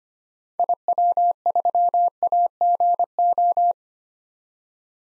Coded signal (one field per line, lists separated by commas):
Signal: Morse code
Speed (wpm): 25 wpm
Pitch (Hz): 700 Hz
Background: none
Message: IW3AGO